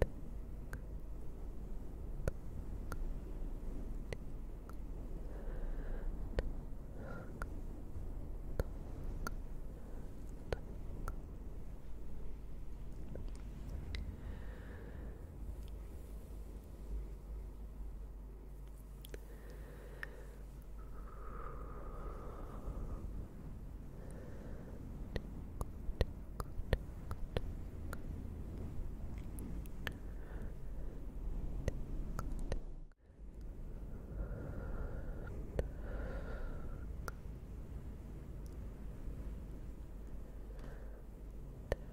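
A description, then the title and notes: ASMR tktk sounds up close: sharp little clicks and taps scatter irregularly over a steady low rumble for the whole clip. Faint murmured voice-like tones drift in around the middle and again near the end, and everything cuts out briefly just past the half-minute mark. ASMR up close all the tktk sounds to make you sleepy with fluffy mics.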